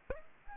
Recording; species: mosquito wingbeat signal from an infrared sensor; Aedes aegypti